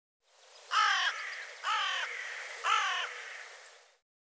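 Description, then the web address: Bird giving three harsh, nasal cawing calls about one second apart, each slightly hoarse, on a clean, quiet background. "cianscape birddata Deverinetal 2025 File cleaned normalized Bird"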